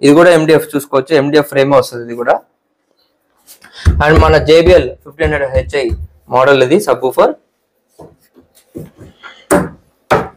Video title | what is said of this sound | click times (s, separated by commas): Premium 7.1ch Dolby DTS Home Theater Installation in Karempudi - Ultimate Sound Setup | ఇలా ఇలా నొక్కేస్తే lock అయిపోతుంది అన్నమాట frame అనేది అండ్ | 9.5 s, 10.1 s